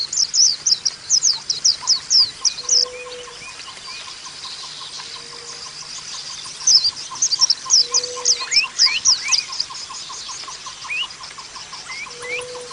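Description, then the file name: White-eye song of fast high chirping runs, with a steady rapid lower ticking throughout and a faint drawn-out tone repeating every few seconds. Caged white-eye, song used as audio therapy for cage birds. "audio-terapi-pleci-7-omkicau"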